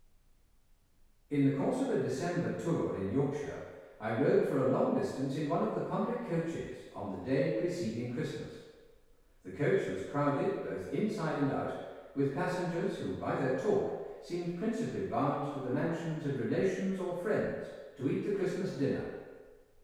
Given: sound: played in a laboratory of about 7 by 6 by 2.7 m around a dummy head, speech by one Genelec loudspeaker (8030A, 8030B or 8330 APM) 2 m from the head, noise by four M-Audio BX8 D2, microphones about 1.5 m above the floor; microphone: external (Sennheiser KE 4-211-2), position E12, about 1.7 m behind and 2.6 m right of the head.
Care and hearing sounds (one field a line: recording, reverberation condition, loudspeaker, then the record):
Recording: male speech in English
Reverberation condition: high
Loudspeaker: behind (180 degrees)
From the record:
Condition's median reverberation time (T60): about 1300 ms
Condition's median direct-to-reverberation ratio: about -4.0 dB